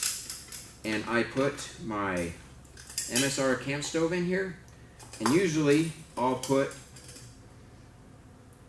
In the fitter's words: this is my pot for cooking I like it because the lid locks into place